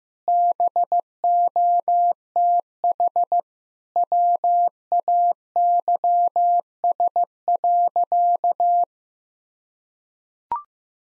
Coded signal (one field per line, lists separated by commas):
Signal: Morse code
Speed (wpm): 15 wpm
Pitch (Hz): 700 Hz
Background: none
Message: BOTH WAYS.